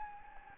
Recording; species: mosquito wingbeat signal from an infrared sensor; Anopheles gambiae